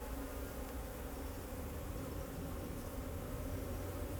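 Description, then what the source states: Bees hum in a thick, even drone with overlapping tones, and a deep rumble underneath. Bees flying around the recordist in Jacques Brelpark, Kersbeeklaan, Vorst, Belgium; train in the background; recorded binaurally with a Sennheiser Ambeo binaural headset.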